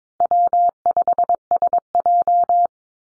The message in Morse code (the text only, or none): W5SJ